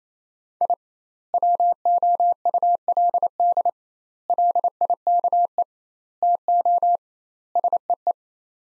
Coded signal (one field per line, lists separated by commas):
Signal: Morse code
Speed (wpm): 28 wpm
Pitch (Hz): 700 Hz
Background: none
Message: I WOULD LIKE TO SEE